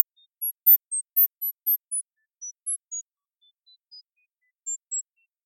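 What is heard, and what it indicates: Brief, quiet pure-tone pips at shifting high pitches, roughly 2 to 16 kHz, with irregular timing and varying loudness: a simulated sound-therapy tone sequence for hyperacusis, demonstrated at a 0 dB level.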